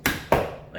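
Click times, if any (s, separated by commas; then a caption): 0.1 s, 0.3 s. A shaker glass or smaller tin is fitted into a metal cocktail shaker tin and given two firm knocks to lock the seal. Two sharp taps ring out at 0.1 s and 0.3 s, each fading with a short metallic ring. The shaker is sealed and locked into place.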